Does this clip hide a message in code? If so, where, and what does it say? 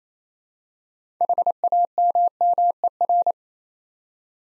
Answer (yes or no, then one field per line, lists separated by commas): yes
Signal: Morse code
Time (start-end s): 1.2-3.3 s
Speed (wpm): 27 wpm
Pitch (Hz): 700 Hz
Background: none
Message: HAMMER